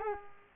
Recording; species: mosquito wingbeat signal from an infrared sensor; Culex quinquefasciatus